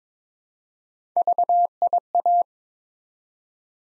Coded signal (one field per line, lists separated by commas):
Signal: Morse code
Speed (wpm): 22 wpm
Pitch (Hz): 700 Hz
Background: none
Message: VIA